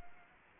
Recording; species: mosquito wingbeat signal from an infrared sensor; Anopheles gambiae